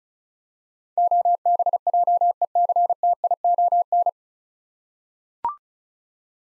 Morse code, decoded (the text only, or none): OBJECTION